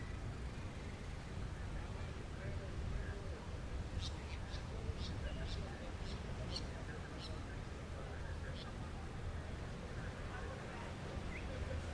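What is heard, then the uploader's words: A steady wash of ocean waves fills the whole recording with a dense, low roar that never lets up. Faint chatting voices sit underneath, and between about four and nine seconds a run of bright, short bird chirps repeats at a quick, uneven pace. Beach Day At Parque Los Fundadores. In this episode we are enjoying a beach day in Playa Del Carmen. People chatting and enjoying the sun as well as the ocean waves in the back. Spanish Speaking.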